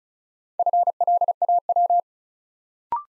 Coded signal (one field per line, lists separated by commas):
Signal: Morse code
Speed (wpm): 36 wpm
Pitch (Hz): 700 Hz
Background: none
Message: FLAW